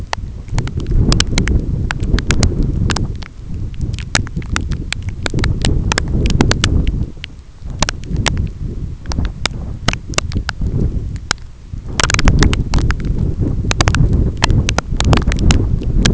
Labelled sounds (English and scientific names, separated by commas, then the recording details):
none
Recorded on Arctic tundra, site EABA-1, on 25 June 2018
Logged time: 06:00